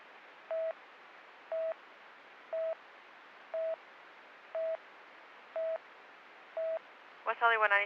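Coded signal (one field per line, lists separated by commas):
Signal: none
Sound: radio channel beeps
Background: speech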